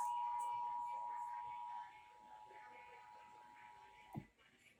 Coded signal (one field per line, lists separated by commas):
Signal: Emergency Alert System (SAME) tones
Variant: 853 and 960 Hz attention tone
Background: speech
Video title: DEBUT OF KTGN/NEW MEXICO MISHAP/FAREWELL KDWN! EAS Tests from February 2023